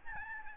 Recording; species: mosquito wingbeat signal from an infrared sensor; Aedes albopictus